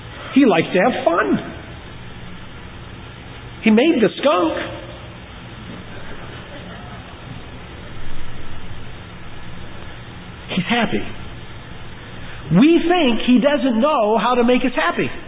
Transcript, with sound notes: He likes to have fun! He made the skunk. (Chuckles) He's happy. We think He doesn't know how to make us happy,